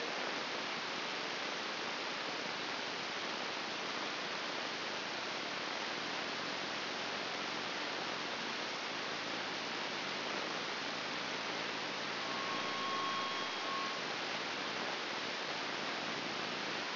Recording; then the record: brain microelectrode recording played as sound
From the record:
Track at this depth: outside the subthalamic nucleus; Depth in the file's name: 8.704 mm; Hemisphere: left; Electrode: 2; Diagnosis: Parkinson's disease